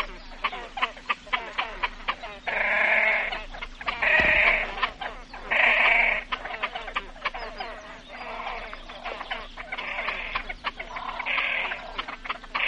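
Great crested grebe calls, harsh nasal bleating notes about a second long, several in a row, separated by quick dry ticking clicks.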